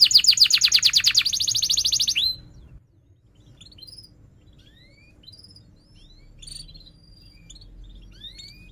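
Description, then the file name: Canary singing a loud rapid trill of repeated notes for two seconds, then falling quiet apart from scattered soft chirps and whistled upslurs over a low hum. Singing in full voice style described as cuit-cuit ngerol tajam: sharp chirping and rolling. "Suara Kenari Gacor Cuit Cuit Ngerol Tajam"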